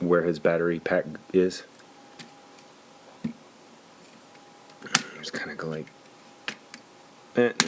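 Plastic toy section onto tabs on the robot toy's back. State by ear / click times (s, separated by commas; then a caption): seated / 7.6 s. A plastic section of a Transformers Go! G26 Optimus ExPrime robot toy is pushed over small tabs on top of its battery-pack area on the toy's back while someone talks. Scattered small clicks and taps are followed by a sharp snap at 7.6 seconds as the section seats into place.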